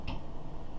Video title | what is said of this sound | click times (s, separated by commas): How To Build A Gaming PC - Arctic Storm v1.0 Build Vlog pt1 | this won't fit at all and then when you go in you should hear a slight click like | 0.1 s